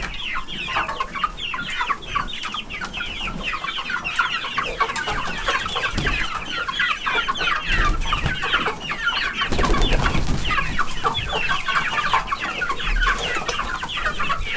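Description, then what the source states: Chicken chicks cheeping steadily, a dense stream of rapid high peeps throughout. Chicks of the Hungarian hen breed in a farmyard, being shut in and let out.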